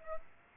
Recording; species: mosquito wingbeat signal from an infrared sensor; Aedes aegypti